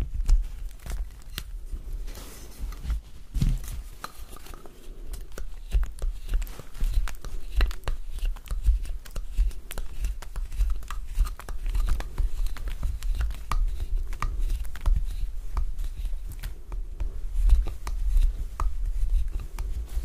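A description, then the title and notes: Soap carving made of many small scrapes, crisp clicks and crackling crunches that come steadily throughout, a few sharper snaps standing out around 8, 17 and 18 seconds. A low rumble sits underneath, and the texture stays bright and crumbly without pauses. ASMR Soap Carving. Relaxing soap cutting sounds.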